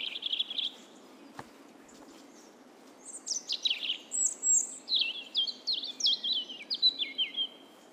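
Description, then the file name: European robin song, a brief high warble, then after a pause a run of high thin notes sliding and dropping in quick succession, with light background hiss. "Erithacus rubecula"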